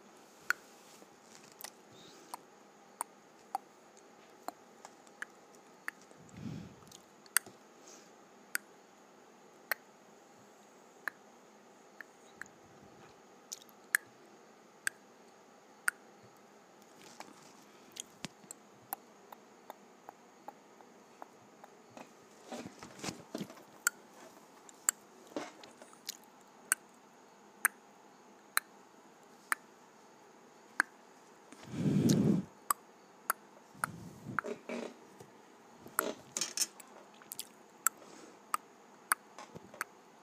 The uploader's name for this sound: Clicking my Tongue